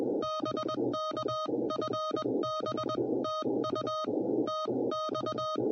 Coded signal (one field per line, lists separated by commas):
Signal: Morse code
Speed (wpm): 21 wpm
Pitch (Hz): 1250 Hz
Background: none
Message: BK FB TU TX